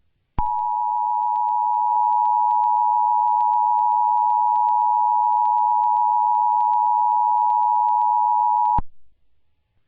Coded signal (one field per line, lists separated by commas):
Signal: Emergency Alert System (SAME) tones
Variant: 853 and 960 Hz attention tone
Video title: EAS Scenario: Mobius City Metal Virus Part 1